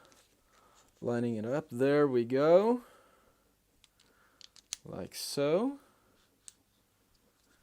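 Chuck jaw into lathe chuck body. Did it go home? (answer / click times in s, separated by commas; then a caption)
yes / 6.5 s. While a wood lathe chuck is reassembled, a metal part, possibly a jaw or jaw slide, is lined up and pushed into the chuck body as someone talks. A few light taps sound between 3.8 and 4.7 seconds, then a sharp click at 6.5 seconds marks the part seating into place.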